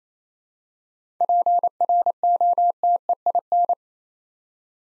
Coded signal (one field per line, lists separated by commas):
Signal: Morse code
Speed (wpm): 29 wpm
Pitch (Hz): 700 Hz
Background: none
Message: PROTEIN